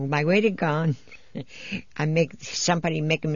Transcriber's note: she laughs